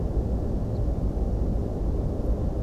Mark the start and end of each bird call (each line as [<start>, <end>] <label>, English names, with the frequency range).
[0.74, 0.79] Ortolan Bunting (3.5-4.9 kHz)